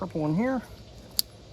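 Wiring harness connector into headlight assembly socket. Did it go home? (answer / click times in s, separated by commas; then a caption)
yes / 1.2 s. Someone talks briefly, then a purple wiring harness connector is pushed into the socket of an aftermarket LED halo HID headlight assembly for a 4th Gen or Classic Ram. A single sharp click sounds at 1.2 s as the connector pops in and seats.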